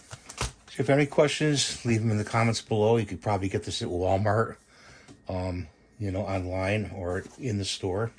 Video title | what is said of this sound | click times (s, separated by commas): Ampoe foot callus removal tool | and line it up until it snaps and you're all set | 0.4 s